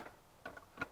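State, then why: Seated. A torque converter is slid onto an automatic transmission's input shaft and oil pump gear on a BMW E46. Three metallic clunks sound at 0.5, 0.6 and 0.8 seconds as the splines engage, with the last the loudest. The converter is fully seated and judged good.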